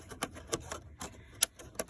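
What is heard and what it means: A rocker switch is slid into the opening of a plastic auxiliary switch panel in a vehicle, producing a series of short, sharp ticks and clicks. The loudest, sharpest snap comes at 1.4 s as the switch seats in place.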